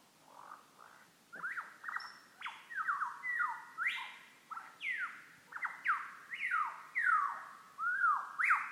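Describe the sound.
Lyrebird song: a long run of loud, ringing whistles, many sliding sharply down in pitch, with a few higher notes mixed in.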